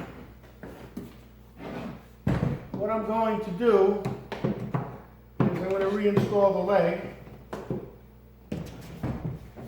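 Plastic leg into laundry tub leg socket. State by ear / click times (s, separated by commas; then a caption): not seated / none. A plastic leg is pushed back into its socket on the plastic frame of a Glacier Bay laundry tub (utility sink) while someone talks. Several knocks and thuds are heard as the leg is pressed down, the strongest near 5.4 s. Nothing has seated or clicked yet, and the leg fails to lock in.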